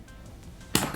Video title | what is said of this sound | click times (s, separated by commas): Packing for Europe with just CARRY ON LUGGAGE! - AWAY CARRY ON LUGGAGE + BEIS MINI WEEKEND BAG | but then if you want unlock it usually like this look boom | 0.8 s